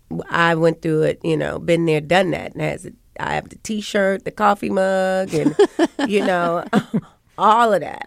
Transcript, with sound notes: I went through it, you know, been there, done that and I have the T-shirt, the coffee mug and... [SOUNDBITE OF LAUGHTER] ...you know, all of that.